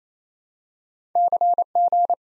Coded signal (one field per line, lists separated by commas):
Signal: Morse code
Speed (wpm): 28 wpm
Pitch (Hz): 700 Hz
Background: none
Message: CG